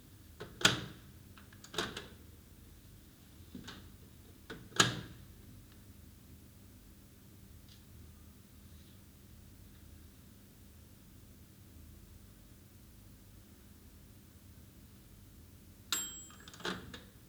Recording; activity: daily activity, guitar pickup as the sensor; use microwave